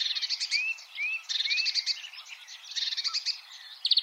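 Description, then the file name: Marsh warbler song, quick bursts of rattling notes alternating with rising whistled slurs, the phrases repeating. "suara-kicauan-burung-marsh-warbler omkicau"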